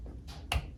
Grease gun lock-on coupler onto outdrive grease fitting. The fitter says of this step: as shown there you heard the click